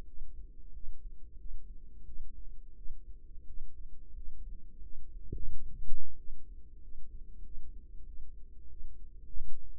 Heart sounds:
heart sounds by microphone in the right ear; 91 bpm
0.04 s: heartbeat
0.70 s: heartbeat
1.35 s: heartbeat
2.03 s: heartbeat
2.73 s: heartbeat
3.44 s: heartbeat
4.13 s: heartbeat
4.80 s: heartbeat
5.48 s: heartbeat
6.15 s: heartbeat
6.79 s: heartbeat
7.41 s: heartbeat
8.04 s: heartbeat
8.67 s: heartbeat
9.31 s: heartbeat
From the record:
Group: healthy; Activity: rest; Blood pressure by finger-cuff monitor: 81/62 mmHg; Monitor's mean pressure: 68 mmHg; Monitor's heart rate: 90 bpm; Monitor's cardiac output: 6.3 L/min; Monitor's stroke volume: 71 mL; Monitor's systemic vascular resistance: 760 dyn s/cm5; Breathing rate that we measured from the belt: 19 breaths a minute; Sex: female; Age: 19 years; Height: 163 cm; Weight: 48.9 kg

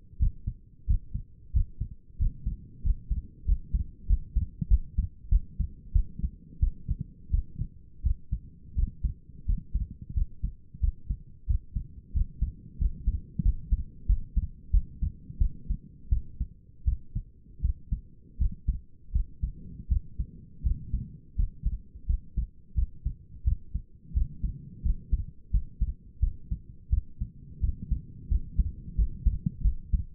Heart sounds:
heart sounds by stethoscope; 88 bpm
0.20 s: heartbeat
0.88 s: heartbeat
1.54 s: heartbeat
2.19 s: heartbeat
2.84 s: heartbeat
3.46 s: heartbeat
4.08 s: heartbeat
4.69 s: heartbeat
5.30 s: heartbeat
5.93 s: heartbeat
6.60 s: heartbeat
7.31 s: heartbeat
8.03 s: heartbeat
8.76 s: heartbeat
9.46 s: heartbeat
10.14 s: heartbeat
10.81 s: heartbeat
11.47 s: heartbeat
12.14 s: heartbeat
12.79 s: heartbeat
13.43 s: heartbeat
14.07 s: heartbeat
14.71 s: heartbeat
15.39 s: heartbeat
16.10 s: heartbeat
16.85 s: heartbeat
17.62 s: heartbeat
18.38 s: heartbeat
19.13 s: heartbeat
19.89 s: heartbeat
20.63 s: heartbeat
21.36 s: heartbeat
22.07 s: heartbeat
22.75 s: heartbeat
23.44 s: heartbeat
24.14 s: heartbeat
24.83 s: heartbeat
25.51 s: heartbeat
26.20 s: heartbeat
26.90 s: heartbeat
27.61 s: heartbeat
28.29 s: heartbeat
28.96 s: heartbeat
29.62 s: heartbeat
From the record:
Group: healthy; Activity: cold pressor test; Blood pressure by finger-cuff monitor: 139/89 mmHg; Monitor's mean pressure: 103 mmHg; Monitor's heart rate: 87 bpm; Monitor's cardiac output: 6.2 L/min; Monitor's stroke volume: 70 mL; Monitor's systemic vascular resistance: 1220 dyn s/cm5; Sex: female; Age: 37 years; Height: 168 cm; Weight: 70 kg

